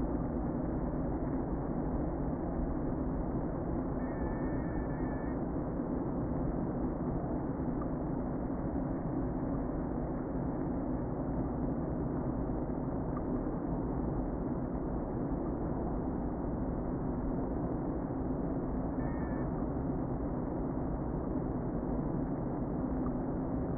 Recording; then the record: honeybee colony, microphone inside the hive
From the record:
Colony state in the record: queen present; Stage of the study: before two queens were removed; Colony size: about 60,000 bees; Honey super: yes